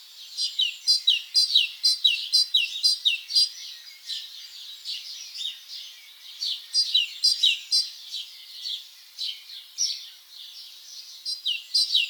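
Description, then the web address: Great tit song: bright two-note phrases, a high note dropping to a lower one, about twice a second in bursts with short pauses. "SETE data Parus major"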